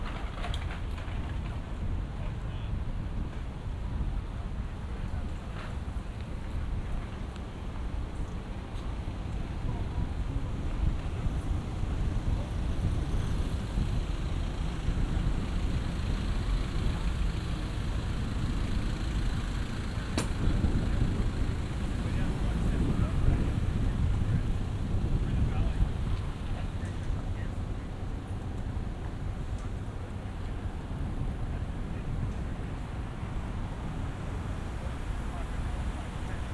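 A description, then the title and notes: Busy bar and restaurant ambience by a waterfront, with a steady wash of many overlapping voices and a low rumble underneath, possibly traffic or wind. The noise stays dense and even throughout, swelling slightly around the middle, with occasional faint clinks. Bar and Restaurant Ambience at Howard Smiths Wharves in Brisbane, Australia. Howard Smiths Wharves next to the city's iconic Story Bridge is a bustling area of bars and restaurants. Join me for a stroll past and through some of the waterside venues on a warm summer's evening.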